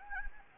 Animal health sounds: mosquito wingbeat signal from an infrared sensor; Anopheles gambiae

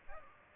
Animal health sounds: mosquito wingbeat signal from an infrared sensor; Aedes aegypti

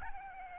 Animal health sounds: mosquito wingbeat signal from an infrared sensor; Aedes albopictus

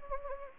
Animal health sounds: mosquito wingbeat signal from an infrared sensor; Anopheles gambiae

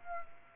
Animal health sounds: mosquito wingbeat signal from an infrared sensor; Aedes aegypti

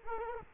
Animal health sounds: mosquito wingbeat signal from an infrared sensor; Culex quinquefasciatus

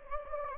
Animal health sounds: mosquito wingbeat signal from an infrared sensor; Anopheles gambiae

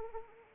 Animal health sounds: mosquito wingbeat signal from an infrared sensor; Anopheles arabiensis

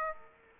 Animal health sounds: mosquito wingbeat signal from an infrared sensor; Aedes aegypti

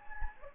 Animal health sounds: mosquito wingbeat signal from an infrared sensor; Anopheles gambiae

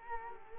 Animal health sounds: mosquito wingbeat signal from an infrared sensor; Culex quinquefasciatus

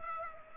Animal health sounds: mosquito wingbeat signal from an infrared sensor; Aedes aegypti

